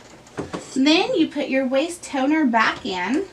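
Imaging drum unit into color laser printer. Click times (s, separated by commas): 0.4 s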